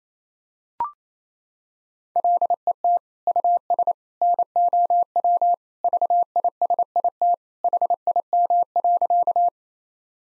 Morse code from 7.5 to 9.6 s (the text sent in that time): HIM.